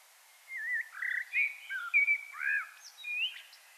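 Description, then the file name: Common blackbird giving a rich, fluty warble of slurred whistled notes, with brief scratchy high twitters near the end. "Turdus merula"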